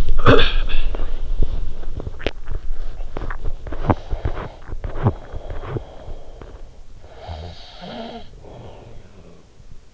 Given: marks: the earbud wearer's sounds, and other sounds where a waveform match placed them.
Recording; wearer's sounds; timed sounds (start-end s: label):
sounds in sleep by an in-ear microphone; cough or throat clearing or sniffle, teeth grinding, breath
0.00-0.76 s: cough or throat clearing or sniffle
1.19-6.74 s: teeth grinding
6.74-9.79 s: breath